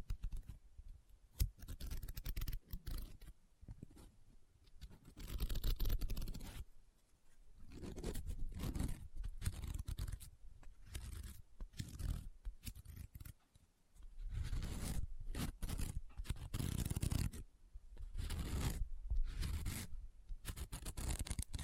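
Close-up paper being handled: folded, rubbed and crinkled in bursts of dry, crackling rustle. Louder spells with a soft low thump of handling come around 5–7, 9–13 and 14–17 seconds, separated by brief near-silent pauses and light scratchy ticks.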